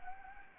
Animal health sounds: mosquito wingbeat signal from an infrared sensor; Anopheles gambiae

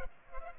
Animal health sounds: mosquito wingbeat signal from an infrared sensor; Culex pipiens

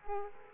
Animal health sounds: mosquito wingbeat signal from an infrared sensor; Culex quinquefasciatus

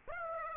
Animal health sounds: mosquito wingbeat signal from an infrared sensor; Aedes aegypti

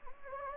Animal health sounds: mosquito wingbeat signal from an infrared sensor; Anopheles gambiae

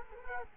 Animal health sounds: mosquito wingbeat signal from an infrared sensor; Culex quinquefasciatus

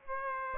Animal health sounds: mosquito wingbeat signal from an infrared sensor; Aedes aegypti

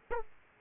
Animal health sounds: mosquito wingbeat signal from an infrared sensor; Aedes aegypti

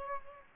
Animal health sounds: mosquito wingbeat signal from an infrared sensor; Aedes aegypti

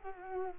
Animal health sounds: mosquito wingbeat signal from an infrared sensor; Culex quinquefasciatus

